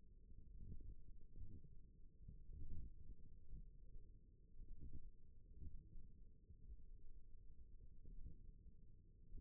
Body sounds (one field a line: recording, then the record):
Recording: forearm muscle sounds (acoustic myography)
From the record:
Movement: wrist flexion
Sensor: system 1, eight BSWA MPA416 microphones around the upper forearm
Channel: 4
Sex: female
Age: 21 years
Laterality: right